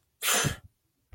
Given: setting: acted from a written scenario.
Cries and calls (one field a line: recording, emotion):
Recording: vocal sound without words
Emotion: contempt